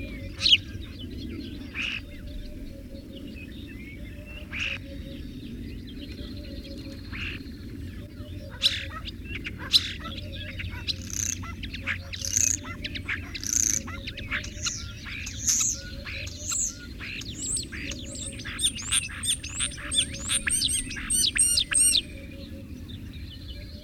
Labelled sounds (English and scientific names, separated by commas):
European Starling (Sturnus vulgaris) song